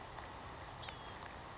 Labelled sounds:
Blue-gray Gnatcatcher (Polioptila caerulea)
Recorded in Sonoma County, California

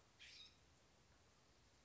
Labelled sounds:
California Scrub-Jay (Aphelocoma californica)
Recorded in Sonoma County, California

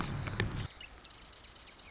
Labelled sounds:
Marsh Wren (Cistothorus palustris)
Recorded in Sonoma County, California

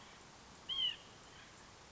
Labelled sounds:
White-breasted Nuthatch (Sitta carolinensis)
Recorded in Sonoma County, California

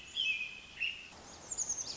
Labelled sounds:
Pacific Wren (Troglodytes pacificus)
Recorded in Sonoma County, California

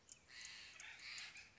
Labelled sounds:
California Quail (Callipepla californica)
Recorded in Sonoma County, California

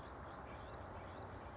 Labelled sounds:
California Towhee (Melozone crissalis)
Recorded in Sonoma County, California

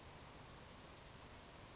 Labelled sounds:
Savannah Sparrow (Passerculus sandwichensis)
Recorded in Sonoma County, California

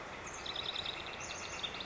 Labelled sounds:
Northern Flicker (Colaptes auratus)
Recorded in Sonoma County, California

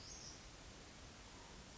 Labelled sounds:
Western Flycatcher (Empidonax difficilis)
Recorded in Sonoma County, California

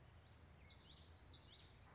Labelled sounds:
Common Yellowthroat (Geothlypis trichas)
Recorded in Sonoma County, California

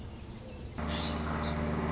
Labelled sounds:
Song Sparrow (Melospiza melodia)
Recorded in Sonoma County, California

